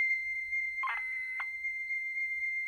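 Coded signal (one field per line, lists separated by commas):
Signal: computer data on cassette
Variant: Sharp pocket organiser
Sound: steady high sync tone with two short harsh clicks interrupting it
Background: low hum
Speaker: here goes the AGC again the auto gain control the uh synchronizing [Music] tone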